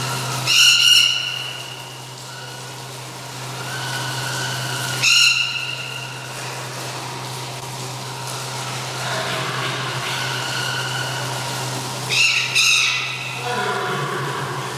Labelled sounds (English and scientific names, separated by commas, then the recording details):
Tiger (Panthera tigris) call
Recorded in captivity
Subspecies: sumatrae
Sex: male
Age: adult
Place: Tierpark Berlin, Berlin, DE
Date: 1983-12-24
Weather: sunny, 1-3°C, no wind
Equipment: Nagra SN, Sennheiser MKH 416 T, Kopie Uher 4000 Report Monitor
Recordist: Tembrock, Günter